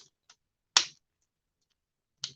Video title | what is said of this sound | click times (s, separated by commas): Transformers Kingdom Deluxe Class Autobot Tracks Unboxing and Review! | you'll hear it pop in now do not push on the windshield or the roof | 0.8 s